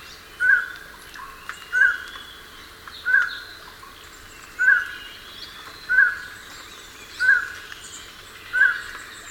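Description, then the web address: Highland Tinamou giving brief whistled notes at an even pitch, repeated roughly every 1.3 seconds, seven in all, with quiet hiss in the background. Recorded in Ecuador. "Natures Songs S America Birds of Ecuador. Highland Tinamou"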